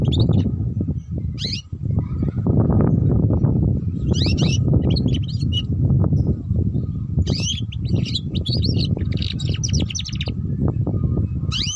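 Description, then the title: Canary song in brief bright trilled bursts, partly covered by a loud continuous low rumble running the whole time. Belgian canary; song played to warm up and stimulate singing, suited as a lure for canaries learning the ngeriwik song style. "Canto Para Esquentar Canário Belga. Suara Kenari Belajar Bunyi Ngeriwik || Cocok Untuk Pancingan Kenari Ngeriwik"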